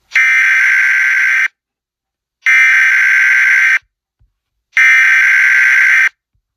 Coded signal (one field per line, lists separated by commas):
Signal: Emergency Alert System (SAME) tones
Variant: header bursts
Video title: EAS Christmas Special 2020: Drunk Santa Alert (EAS Comedy)